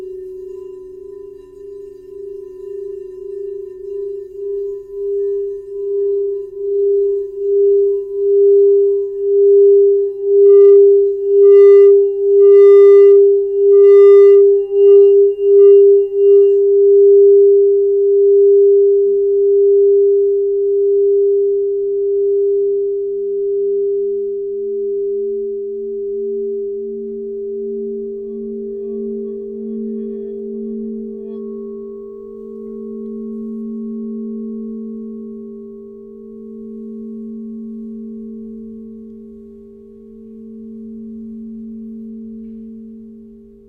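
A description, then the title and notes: A crystal singing bowl rings with a pure, steady mid-pitched tone that pulses in slow, regular beats, swelling in loudness over the first fifteen seconds with bright overtones shimmering near the peak. Around twenty seconds a second, lower tone joins, wavering slowly beneath the fading first. Crystal singing bowl.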